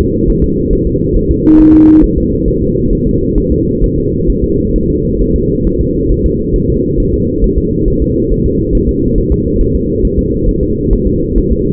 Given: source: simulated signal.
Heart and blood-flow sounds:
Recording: fetal heart sounds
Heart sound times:
0.01 s: S2
0.30 s: S1
0.44 s: S2
0.73 s: S1
0.87 s: S2
1.16 s: S1
1.31 s: S2
1.60 s: S1
1.74 s: S2
2.04 s: S1
2.18 s: S2
2.48 s: S1
2.62 s: S2
2.93 s: S1
3.07 s: S2
3.38 s: S1
3.52 s: S2
3.84 s: S1
3.98 s: S2
4.30 s: S1
4.44 s: S2
4.76 s: S1
4.90 s: S2
5.22 s: S1
5.36 s: S2
5.67 s: S1
5.81 s: S2
6.12 s: S1
6.26 s: S2
6.56 s: S1
6.70 s: S2
7.00 s: S1
7.14 s: S2
7.44 s: S1
7.58 s: S2
7.88 s: S1
8.02 s: S2
8.32 s: S1
8.46 s: S2
8.75 s: S1
8.89 s: S2
9.18 s: S1
9.32 s: S2
9.61 s: S1
9.76 s: S2
10.05 s: S1
10.19 s: S2
10.49 s: S1
10.63 s: S2
10.93 s: S1
11.07 s: S2
11.38 s: S1
11.52 s: S2
From the record:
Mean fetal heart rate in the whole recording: 135 bpm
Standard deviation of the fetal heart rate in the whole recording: 3 bpm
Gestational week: 36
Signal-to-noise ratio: -14.7 dB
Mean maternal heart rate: 72 bpm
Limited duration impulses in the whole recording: present

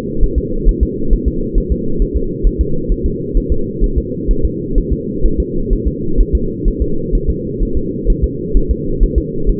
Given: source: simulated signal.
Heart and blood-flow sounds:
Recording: fetal heart sounds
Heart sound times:
0.23 s: S1
0.38 s: S2
0.69 s: S1
0.83 s: S2
1.13 s: S1
1.28 s: S2
1.58 s: S1
1.72 s: S2
2.02 s: S1
2.17 s: S2
2.47 s: S1
2.61 s: S2
2.92 s: S1
3.06 s: S2
3.37 s: S1
3.52 s: S2
3.84 s: S1
3.98 s: S2
4.31 s: S1
4.45 s: S2
4.78 s: S1
4.93 s: S2
5.26 s: S1
5.40 s: S2
5.73 s: S1
5.88 s: S2
6.21 s: S1
6.35 s: S2
6.68 s: S1
6.82 s: S2
7.15 s: S1
7.30 s: S2
7.63 s: S1
7.77 s: S2
8.10 s: S1
8.24 s: S2
8.57 s: S1
8.71 s: S2
9.03 s: S1
9.18 s: S2
9.49 s: S1
From the record:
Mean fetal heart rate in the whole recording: 130 bpm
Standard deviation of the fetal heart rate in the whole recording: 2 bpm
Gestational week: 38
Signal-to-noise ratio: -8.1 dB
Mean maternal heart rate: 72 bpm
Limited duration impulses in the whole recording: absent

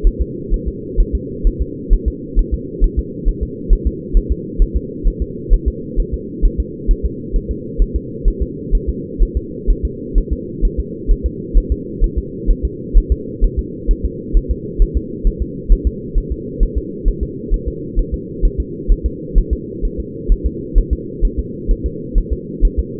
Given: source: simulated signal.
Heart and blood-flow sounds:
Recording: fetal heart sounds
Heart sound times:
0.07 s: S1
0.21 s: S2
0.54 s: S1
0.68 s: S2
1.00 s: S1
1.15 s: S2
1.47 s: S1
1.62 s: S2
1.93 s: S1
2.08 s: S2
2.39 s: S1
2.54 s: S2
2.84 s: S1
2.99 s: S2
3.29 s: S1
3.43 s: S2
3.73 s: S1
3.87 s: S2
4.17 s: S1
4.32 s: S2
4.62 s: S1
4.76 s: S2
5.07 s: S1
5.22 s: S2
5.53 s: S1
5.68 s: S2
6.00 s: S1
6.14 s: S2
6.45 s: S1
6.60 s: S2
6.91 s: S1
7.05 s: S2
7.36 s: S1
7.51 s: S2
7.82 s: S1
7.96 s: S2
8.28 s: S1
8.42 s: S2
8.75 s: S1
8.89 s: S2
9.22 s: S1
9.37 s: S2
9.70 s: S1
9.85 s: S2
10.18 s: S1
10.33 s: S2
10.65 s: S1
10.80 s: S2
11.11 s: S1
11.26 s: S2
11.58 s: S1
11.72 s: S2
12.04 s: S1
12.18 s: S2
12.51 s: S1
12.65 s: S2
12.97 s: S1
13.12 s: S2
13.44 s: S1
13.59 s: S2
13.91 s: S1
14.05 s: S2
14.37 s: S1
14.51 s: S2
14.82 s: S1
14.97 s: S2
15.27 s: S1
15.42 s: S2
15.72 s: S1
15.87 s: S2
16.18 s: S1
16.32 s: S2
16.63 s: S1
16.77 s: S2
17.08 s: S1
17.23 s: S2
17.54 s: S1
17.68 s: S2
17.99 s: S1
18.14 s: S2
18.45 s: S1
18.60 s: S2
18.92 s: S1
19.06 s: S2
19.38 s: S1
19.53 s: S2
19.85 s: S1
20.00 s: S2
20.32 s: S1
20.46 s: S2
20.78 s: S1
20.93 s: S2
21.25 s: S1
21.39 s: S2
21.71 s: S1
21.86 s: S2
22.18 s: S1
22.32 s: S2
22.65 s: S1
22.79 s: S2
From the record:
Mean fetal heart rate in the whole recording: 130 bpm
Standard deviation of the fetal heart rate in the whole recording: 4 bpm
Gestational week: 38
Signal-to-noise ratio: -4.1 dB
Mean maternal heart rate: no maternal heart sound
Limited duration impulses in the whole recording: absent

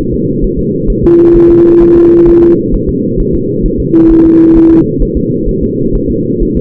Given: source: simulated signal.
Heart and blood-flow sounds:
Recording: fetal heart sounds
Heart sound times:
0.14 s: S2
0.44 s: S1
0.59 s: S2
0.90 s: S1
1.04 s: S2
1.36 s: S1
1.51 s: S2
1.82 s: S1
1.97 s: S2
2.29 s: S1
2.43 s: S2
2.75 s: S1
2.89 s: S2
3.20 s: S1
3.35 s: S2
3.66 s: S1
3.80 s: S2
4.11 s: S1
4.26 s: S2
4.57 s: S1
4.71 s: S2
5.03 s: S1
5.17 s: S2
5.49 s: S1
5.63 s: S2
5.95 s: S1
6.10 s: S2
6.43 s: S1
6.57 s: S2
From the record:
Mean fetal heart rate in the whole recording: 130 bpm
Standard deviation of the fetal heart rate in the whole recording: 4 bpm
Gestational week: 38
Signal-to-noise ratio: -11.2 dB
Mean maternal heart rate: 72 bpm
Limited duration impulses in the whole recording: present

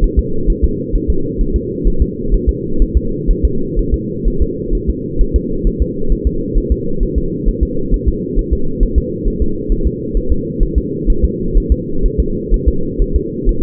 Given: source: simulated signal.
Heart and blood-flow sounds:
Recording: fetal heart sounds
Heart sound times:
0.04 s: S1
0.19 s: S2
0.50 s: S1
0.64 s: S2
0.95 s: S1
1.10 s: S2
1.41 s: S1
1.56 s: S2
1.88 s: S1
2.02 s: S2
2.34 s: S1
2.49 s: S2
2.82 s: S1
2.97 s: S2
3.30 s: S1
3.45 s: S2
3.79 s: S1
3.94 s: S2
4.28 s: S1
4.42 s: S2
4.75 s: S1
4.90 s: S2
5.21 s: S1
5.36 s: S2
5.67 s: S1
5.82 s: S2
6.12 s: S1
6.27 s: S2
6.58 s: S1
6.72 s: S2
7.03 s: S1
7.18 s: S2
7.48 s: S1
7.63 s: S2
7.94 s: S1
8.09 s: S2
8.39 s: S1
8.53 s: S2
8.83 s: S1
8.98 s: S2
9.28 s: S1
9.42 s: S2
9.72 s: S1
9.87 s: S2
10.17 s: S1
10.32 s: S2
10.63 s: S1
10.78 s: S2
11.10 s: S1
11.25 s: S2
11.57 s: S1
11.72 s: S2
12.06 s: S1
12.20 s: S2
12.54 s: S1
12.68 s: S2
13.02 s: S1
13.16 s: S2
13.49 s: S1
From the record:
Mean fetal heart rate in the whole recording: 130 bpm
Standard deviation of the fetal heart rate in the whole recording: 4 bpm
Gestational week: 38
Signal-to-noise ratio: -8.1 dB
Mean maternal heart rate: 72 bpm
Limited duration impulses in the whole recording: absent

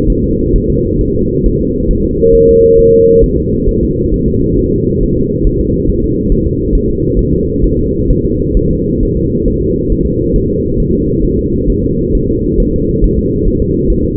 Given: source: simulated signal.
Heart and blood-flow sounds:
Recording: fetal heart sounds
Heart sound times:
0.10 s: S1
0.24 s: S2
0.56 s: S1
0.70 s: S2
1.01 s: S1
1.16 s: S2
1.46 s: S1
1.61 s: S2
1.91 s: S1
2.05 s: S2
2.35 s: S1
2.49 s: S2
2.79 s: S1
2.93 s: S2
3.24 s: S1
3.38 s: S2
3.69 s: S1
3.83 s: S2
4.14 s: S1
4.28 s: S2
4.59 s: S1
4.73 s: S2
5.03 s: S1
5.18 s: S2
5.47 s: S1
5.61 s: S2
5.90 s: S1
6.04 s: S2
6.32 s: S1
6.47 s: S2
6.75 s: S1
6.89 s: S2
7.19 s: S1
7.33 s: S2
7.64 s: S1
7.79 s: S2
8.10 s: S1
8.25 s: S2
8.57 s: S1
8.71 s: S2
9.03 s: S1
9.17 s: S2
9.48 s: S1
9.62 s: S2
9.92 s: S1
10.06 s: S2
10.36 s: S1
10.50 s: S2
10.80 s: S1
10.94 s: S2
11.25 s: S1
11.39 s: S2
11.70 s: S1
11.84 s: S2
12.15 s: S1
12.29 s: S2
12.60 s: S1
12.74 s: S2
13.04 s: S1
13.19 s: S2
13.48 s: S1
13.62 s: S2
13.90 s: S1
14.04 s: S2
From the record:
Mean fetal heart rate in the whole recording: 135 bpm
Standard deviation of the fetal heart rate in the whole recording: 3 bpm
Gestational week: 36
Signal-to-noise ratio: -10.2 dB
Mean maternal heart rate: 72 bpm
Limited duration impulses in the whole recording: present

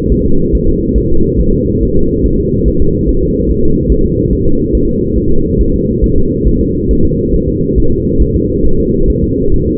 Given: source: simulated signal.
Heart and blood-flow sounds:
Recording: fetal heart sounds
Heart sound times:
0.12 s: S1
0.26 s: S2
0.55 s: S1
0.69 s: S2
0.98 s: S1
1.12 s: S2
1.41 s: S1
1.55 s: S2
1.83 s: S1
1.97 s: S2
2.26 s: S1
2.40 s: S2
2.68 s: S1
2.82 s: S2
3.09 s: S1
3.23 s: S2
3.51 s: S1
3.65 s: S2
3.92 s: S1
4.06 s: S2
4.33 s: S1
4.47 s: S2
4.75 s: S1
4.89 s: S2
5.18 s: S1
5.32 s: S2
5.61 s: S1
5.75 s: S2
6.04 s: S1
6.18 s: S2
6.48 s: S1
6.62 s: S2
6.91 s: S1
7.05 s: S2
7.34 s: S1
7.48 s: S2
7.78 s: S1
7.92 s: S2
8.22 s: S1
8.36 s: S2
8.66 s: S1
8.80 s: S2
9.10 s: S1
9.24 s: S2
9.54 s: S1
9.68 s: S2
From the record:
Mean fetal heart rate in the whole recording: 140 bpm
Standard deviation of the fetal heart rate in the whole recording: 2 bpm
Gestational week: 34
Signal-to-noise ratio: -17.7 dB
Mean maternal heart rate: 72 bpm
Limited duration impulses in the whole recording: present

